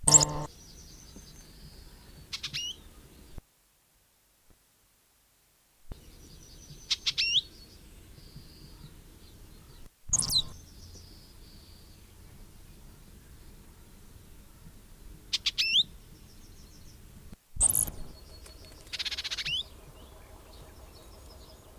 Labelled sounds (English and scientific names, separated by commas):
Icterine Warbler (Hippolais icterina)